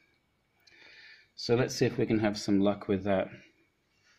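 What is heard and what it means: A white key with its spring inside is handled at the key frame of a Roland HP1700 digital piano, ready to be pushed down and slid back into place. A faint handling rustle starts near 0.7 s, then someone talks. Nothing has seated or clicked yet.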